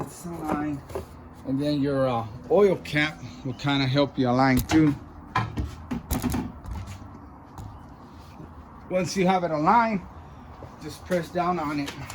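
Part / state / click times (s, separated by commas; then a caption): plastic engine top cover onto rubber grommet studs on the engine / seated / 5.4 s, 6.1 s. A plastic engine top cover on a 2016 Dodge Charger R/T 5.7 is aligned over the oil cap and its four rubber grommets on the engine studs, then pressed down. Someone talks, and sharp snaps are heard at 5.4 s and 6.1 s with a few softer knocks around them as the cover seats. The cover snaps into place.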